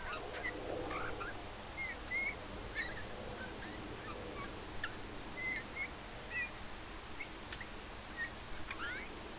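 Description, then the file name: Eurasian bullfinch uttering soft, piping whistles, spaced irregularly throughout, with sharp ticking sounds and low background noise. "Pyrrhula pyrrhula"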